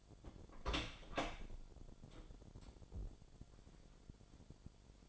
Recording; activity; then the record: daily activity, microphone in the room; open door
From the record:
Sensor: 5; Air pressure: 1007.4 hPa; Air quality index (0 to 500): 161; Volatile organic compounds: 4 ppm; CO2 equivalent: 1546 ppm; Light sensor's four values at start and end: 58/163/63/64 and 57/161/63/63